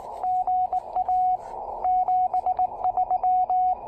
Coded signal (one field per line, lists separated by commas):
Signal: Morse code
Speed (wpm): 19 wpm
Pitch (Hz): 690 Hz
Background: radio noise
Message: GA 73